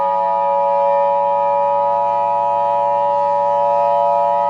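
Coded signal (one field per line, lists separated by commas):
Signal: Emergency Alert System (SAME) tones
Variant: 853 and 960 Hz attention tone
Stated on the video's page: Fictional EAS scenario simulation about Stranger Things Demogorgons attacking after the New Year's ball drop.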